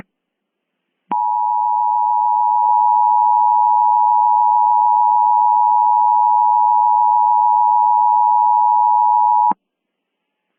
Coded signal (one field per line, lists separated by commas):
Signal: Emergency Alert System (SAME) tones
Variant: 853 and 960 Hz attention tone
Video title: Creepy EAS Mock: Faceless Jim